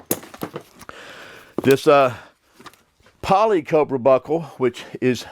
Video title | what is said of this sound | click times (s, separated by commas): Subscription Mystery Box Comparison - Battlbox vs Crate Club vs Apocabox | This is the standard Austrian actual Cobra buckle, and you can see it's got that nice click. | 0.1 s